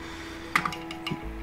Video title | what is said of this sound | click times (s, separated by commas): 53. Frame Arms Girl InnocenTia Review | clicked right in | 0.6 s